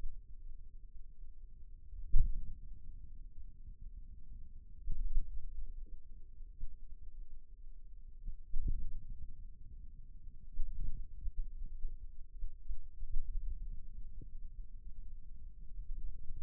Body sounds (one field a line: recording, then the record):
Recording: forearm muscle sounds (acoustic myography)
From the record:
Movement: pen grasping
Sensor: system 2, bracelet of six BSWA MPA416 microphones around the upper forearm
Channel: 4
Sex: male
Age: 22 years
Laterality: right